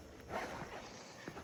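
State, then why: Not seated. As a two-post car lift is raised in a garage, the steel safety lock latch in one post is listened to for the clunk of it dropping into place, but only a steady low mechanical rumble with a few soft knocks is heard. Nothing has seated or clicked yet on that side; the lock fails to clunk and the carriage just rides on up.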